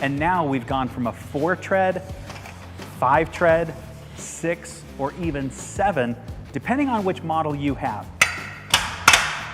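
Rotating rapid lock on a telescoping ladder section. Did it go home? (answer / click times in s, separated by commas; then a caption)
yes / 8.7 s, 9.1 s. Someone talks while the telescoping section of a Little Giant Velocity ladder is extended and its rapid lock is rotated 90 degrees. Two sharp clicks follow at 8.7 s and 9.1 s as the lock seats and locks into place.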